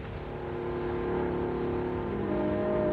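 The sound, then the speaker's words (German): An airplane engine, Lindbergh's motor in a radio production, drones steadily, a dense, low, harmonic hum that holds constant and swells slightly louder toward the end, with no voices. “Lindbergh spricht mit seinem Motor.”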